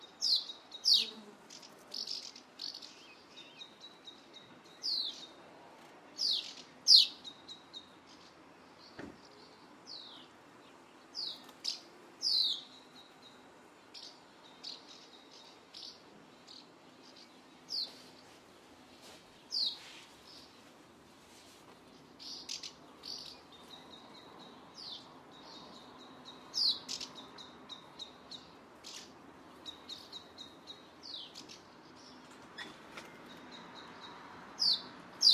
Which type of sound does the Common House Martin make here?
call